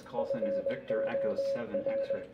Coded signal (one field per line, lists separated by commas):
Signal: Morse code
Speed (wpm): 20 wpm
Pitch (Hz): 560 Hz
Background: speech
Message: FOR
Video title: K0LWC Sunday Night 40M CW